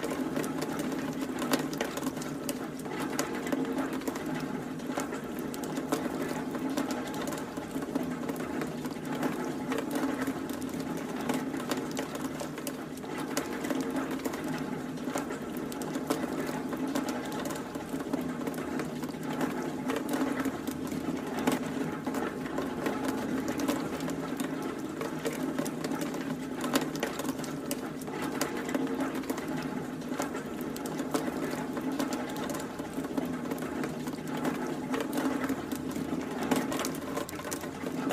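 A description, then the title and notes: Heavy rain pours steadily near a drain, a dense, unbroken wash of patter dotted with countless quick drips and splashes. A low, constant hum of running water sits underneath, and the level hardly changes across the whole stretch. Raindrops by the Drain. Rain downpouring near a drain.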